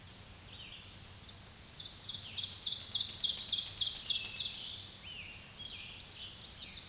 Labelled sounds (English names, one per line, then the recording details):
Ovenbird song
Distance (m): 15 m
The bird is about 5 m above the microphone
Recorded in a Pennsylvania forest on 16 May 2024 at 06:33
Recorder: AudioMoth, point MSD-2083
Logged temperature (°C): 16.7 °C
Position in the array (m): 135 m, 5 m